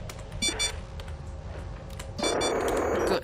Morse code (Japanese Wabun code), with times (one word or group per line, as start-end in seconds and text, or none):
none